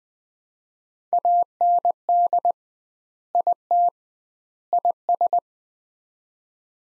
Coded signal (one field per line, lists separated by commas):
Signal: Morse code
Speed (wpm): 20 wpm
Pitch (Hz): 700 Hz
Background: none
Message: AND IT IS